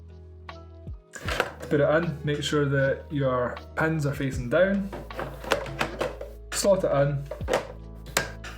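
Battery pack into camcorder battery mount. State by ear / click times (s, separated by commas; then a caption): seated / 8.2 s. A battery pack is slotted into the battery mount on the back of a Panasonic HC-X1 4K camcorder with its pins facing down, then pushed down until it latches. Someone talks over music and soft handling sounds, and a sharp, loud click at 8.2 s marks the battery seating into place.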